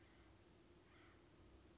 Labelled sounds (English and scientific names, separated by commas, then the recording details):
Acorn Woodpecker (Melanerpes formicivorus)
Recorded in Sonoma County, California